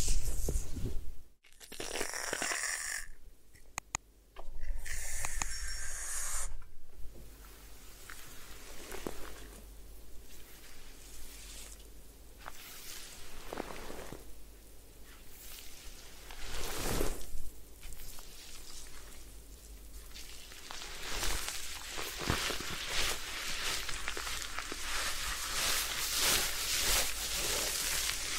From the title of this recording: Head Spa Hair Wash, Massage, Ear Cleaning